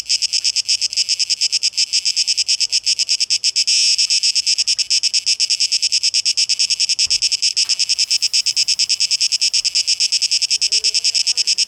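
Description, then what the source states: Cicada song, a loud shrill buzz pulsing rapidly and steadily throughout, with a brief low thud near the middle. Recorded 12 August 2023; tape echo mix.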